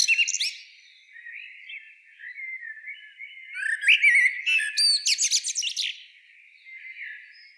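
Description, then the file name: Common blackbird with a short burst of high squeaks, then a quiet low warble, then a louder tumbling run of sharp, chattering twitters that trails away. "Turdus merula"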